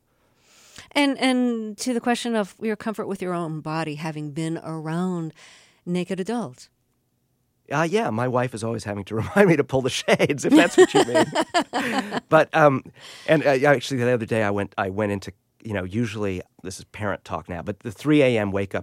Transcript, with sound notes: And to the question of your comfort with your own body having been around naked adults?
Yeah. My wife is always having to remind me to pull the shades, if that's what you mean.
(LAUGHTER)
But, and yeah, actually the other day I went into, you know, usually this is parent talk now. But the 3 a.m.